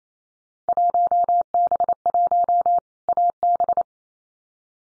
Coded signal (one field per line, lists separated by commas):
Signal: Morse code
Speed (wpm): 28 wpm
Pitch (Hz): 700 Hz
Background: none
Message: 1B1 AB